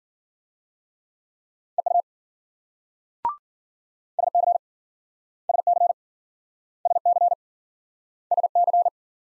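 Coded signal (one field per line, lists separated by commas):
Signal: Morse code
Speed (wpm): 52 wpm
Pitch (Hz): 700 Hz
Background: none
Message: EU SC SC SC SC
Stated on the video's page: Morse practice of multi-letter phonemes in Speed-Racing format, from 40 wpm slowing to a base speed; final repeat sent at maximum speed.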